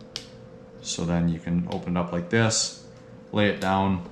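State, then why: Seated. A folding leg of a canister stand on a backpacking stove is pulled open and snaps into place, with a sharp snap at 0.2 s showing the leg seated. Someone then talks.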